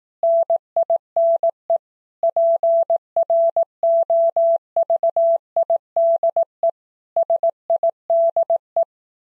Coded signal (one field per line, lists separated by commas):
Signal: Morse code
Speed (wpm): 18 wpm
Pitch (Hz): 670 Hz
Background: none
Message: NINE PROVIDE SIDE